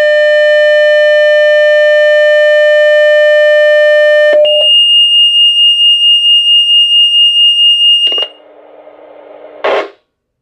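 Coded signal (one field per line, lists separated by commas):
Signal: two-tone page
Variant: Motorola Minitor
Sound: a long steady low buzzy tone, then a long high tone, then static hiss and a short burst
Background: radio static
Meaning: A test page sets off the pagers' alert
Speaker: you will hear the page go through, the A tone the B tone, and then you will hear the pager alert and then the squelch will turn off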